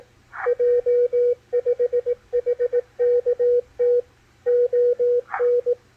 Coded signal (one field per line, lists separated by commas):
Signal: Morse code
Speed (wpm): 18 wpm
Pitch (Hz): 490 Hz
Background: radio noise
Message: J5HKT ON